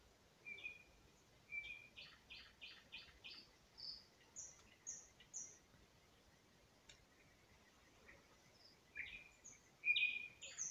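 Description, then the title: Nightingale song: a rapid run of repeated clicking notes, then high whistles and a louder burst at the end, with quiet gaps and hiss. Singing in spring, at a road near Huncha, Vinnytsia Oblast, Ukraine. "Unnamed Road, Гунча, Вінницька область, Україна, 23724-Spring, nightingale singing"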